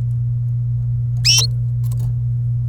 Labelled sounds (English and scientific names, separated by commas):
Domestic Canary (Serinus canaria) song